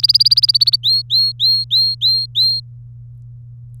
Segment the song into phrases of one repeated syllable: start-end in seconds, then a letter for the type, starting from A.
0.00-0.76 A, 0.83-2.60 B